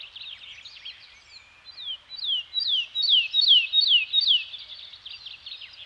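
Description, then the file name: Bird singing high, downward-slurred whistled notes in a quick repeated series that grows louder midway, with faint twittering behind. Birds singing in a Scandinavian forest. "Nature Soundscape - Scandinavian Forest Environment with Birds Singing"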